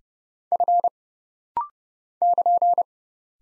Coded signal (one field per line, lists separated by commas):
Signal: Morse code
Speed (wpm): 29 wpm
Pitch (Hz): 700 Hz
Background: none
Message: F <KN>